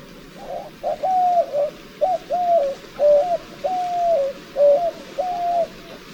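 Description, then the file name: White-winged dove cooing: a series of low, hollow coo phrases, each with a slight rise and fall, over a constant background hiss. "zenaida asiatica"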